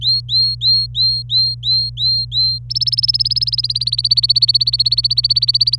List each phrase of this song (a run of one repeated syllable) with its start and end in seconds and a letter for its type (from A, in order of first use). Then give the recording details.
0.01-2.58 A, 2.70-5.79 B. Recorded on 26 April 2018 at 12:22. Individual llb3